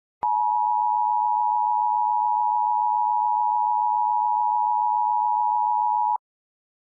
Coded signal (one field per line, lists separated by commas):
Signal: Emergency Alert System (SAME) tones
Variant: 853 and 960 Hz attention tone